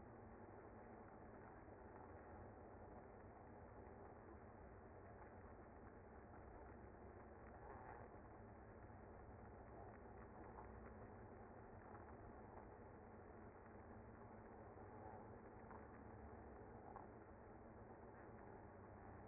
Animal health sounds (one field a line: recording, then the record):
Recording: honeybee colony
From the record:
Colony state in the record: active